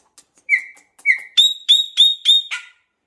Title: Passaro Preto